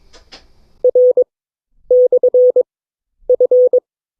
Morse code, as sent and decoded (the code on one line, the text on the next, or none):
.-. -..-. ..-.
R/F